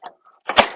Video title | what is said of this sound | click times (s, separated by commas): New Z Poolform Autocover Form Install | you can see how it's snaps right in | 0.5 s